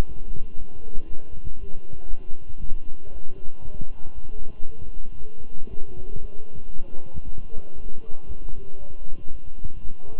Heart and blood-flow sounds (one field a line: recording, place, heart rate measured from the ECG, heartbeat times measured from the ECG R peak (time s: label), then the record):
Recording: heart sounds by stethoscope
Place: between the tricuspid and mitral areas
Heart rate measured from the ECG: 117 bpm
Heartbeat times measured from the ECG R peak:
0.07 s: heartbeat
0.57 s: heartbeat
1.08 s: heartbeat
1.59 s: heartbeat
2.09 s: heartbeat
2.60 s: heartbeat
3.12 s: heartbeat
3.64 s: heartbeat
4.14 s: heartbeat
4.65 s: heartbeat
5.17 s: heartbeat
5.69 s: heartbeat
6.21 s: heartbeat
6.72 s: heartbeat
7.24 s: heartbeat
7.76 s: heartbeat
8.27 s: heartbeat
8.79 s: heartbeat
9.31 s: heartbeat
9.82 s: heartbeat
From the record:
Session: walking at 3.7 km/h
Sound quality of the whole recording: good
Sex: male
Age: 23 years